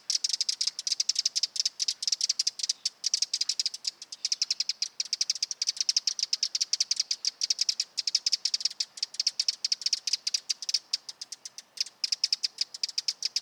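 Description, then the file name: Eurasian wren: an unbroken stream of rapid, high, sharp clicking notes, with brief pauses throughout. Nominate subspecies Troglodytes troglodytes troglodytes. "Vogelstimme Zaunkoenig - Eurasian Wren - Troglodytes troglodytes troglodytes"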